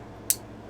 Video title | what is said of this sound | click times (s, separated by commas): Now I Want One Of These Bad!! | just nice loud positive clicks | 0.3 s